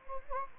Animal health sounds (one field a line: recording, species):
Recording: mosquito wingbeat signal from an infrared sensor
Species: Anopheles gambiae